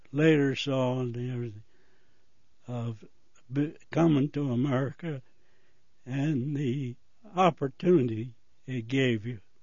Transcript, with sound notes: Later, so on, everything...of [voice waivers] coming to America and the opportunity it gave you